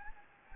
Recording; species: mosquito wingbeat signal from an infrared sensor; Anopheles gambiae